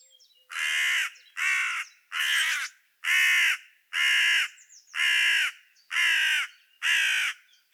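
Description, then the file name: Carrion crow cawing steadily, eight loud, hoarse caws spaced roughly a second apart, with faint high bird notes between them. "Corvus corone"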